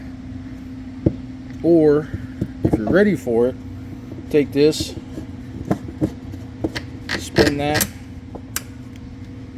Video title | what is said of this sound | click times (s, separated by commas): quick release captain chair idea | and then that's locked into place with the chair on it | 8.6 s